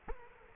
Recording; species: mosquito wingbeat signal from an infrared sensor; Culex quinquefasciatus